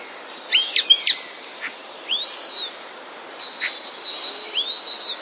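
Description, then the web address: Common starling song: a burst of sharp high clicks and chips, then separate whistled notes sliding up and down over a steady hiss. Starling song made of borrowings from passerine species. "wroblowe zapozyczenia szpaki"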